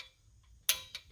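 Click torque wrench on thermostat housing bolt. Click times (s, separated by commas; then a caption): 0.7 s. A click-type torque wrench set to 25 ft-lbs tightens a bolt on the thermostat housing (water outlet) of a 1978 Monte Carlo G-body, fitted with a new thermostat and a better gasket. After a quiet stretch, the wrench gives one sharp, bright click at 0.7 s, followed by a fainter tick at about 1.0 s. The click confirms the bolt has reached the set torque.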